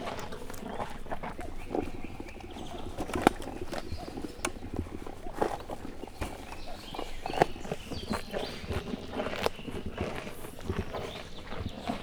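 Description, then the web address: Dromedary camels eating, with repeated crunching and chewing sounds and occasional sharp knocks. Captive dromedary camels at a zoo in Miskolc feasting on vegetables, recorded in 2018. "egypupu teve zoldsegetlakmaroznak miskolczoo"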